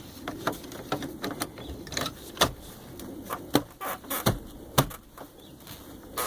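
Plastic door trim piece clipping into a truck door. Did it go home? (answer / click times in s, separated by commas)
yes / 4.8 s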